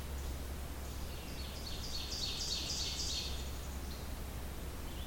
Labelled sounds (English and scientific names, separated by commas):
Ovenbird (Seiurus aurocapilla) song